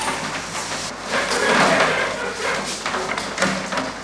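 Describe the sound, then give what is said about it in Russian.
A cart carrying a bin for dirty dishes is pulled steadily with a continuous rumbling, rattling noise, broken by several soft thuds and clattering taps as its load shifts. No voices are heard. “Тащит за собой тележку с коробом для грязной посуды.”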